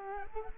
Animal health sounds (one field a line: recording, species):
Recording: mosquito wingbeat signal from an infrared sensor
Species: Culex quinquefasciatus